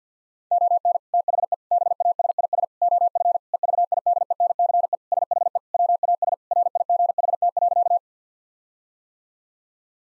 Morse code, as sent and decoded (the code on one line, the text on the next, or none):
--- -. / - .... . / -... .- ... .. ... / --- ..-. / . ...- .. -.. . -. -.-. . / ... .... . / .-- .- ... / .-. .. --. .... - .-.-.-
ON THE BASIS OF EVIDENCE SHE WAS RIGHT.